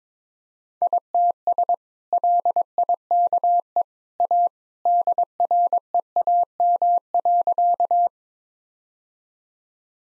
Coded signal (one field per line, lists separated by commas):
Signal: Morse code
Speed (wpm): 22 wpm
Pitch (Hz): 700 Hz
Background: none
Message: ITS LIKE A DREAM.